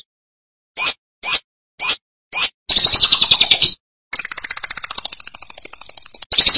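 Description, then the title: Lovebird calls: four sharp separate chirps, then a long buzzy rattling chatter, a brief pause, and another extended shrill trill. "BM Suara Burung Lovebird"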